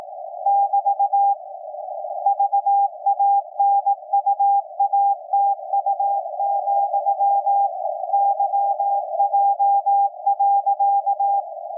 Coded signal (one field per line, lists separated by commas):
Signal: Morse code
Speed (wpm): 18 wpm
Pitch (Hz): 800 Hz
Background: none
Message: <BT> VANUATU, YJ.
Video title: SDRplay RSPdx HDR mode on 160 meters SSB CW with MLA 30 Plus and W6LVP switching antenna